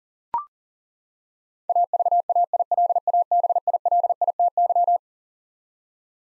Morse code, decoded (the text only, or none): AVAILABILITY